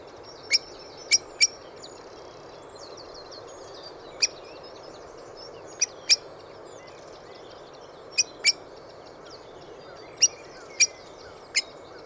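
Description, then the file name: Eurasian blackbird calls: sharp, high ticking notes, mostly in pairs or threes, scattered throughout. Other small birds twitter faintly throughout. "Turdus merula"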